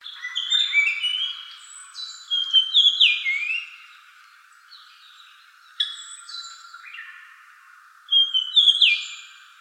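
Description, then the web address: Japanese grosbeak singing, four phrases of clear whistled notes with quick slides between pitches. "birdenaga ikaru"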